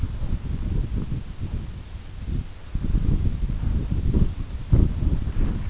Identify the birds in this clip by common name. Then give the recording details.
none. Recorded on Arctic tundra, site UTQI-5, on 25 June 2018. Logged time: 18:00